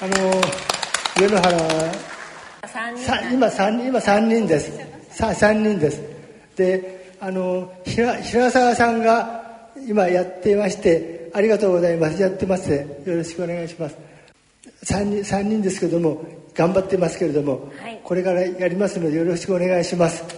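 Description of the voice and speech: An adult man with aphasia, from a local aphasia friends' group, gives his group's greeting in Japanese during an exchange of greetings among participating groups at a gathering of people with aphasia in the Tokyo area. His speech is halting, with repeated words, fillers and frequent pauses.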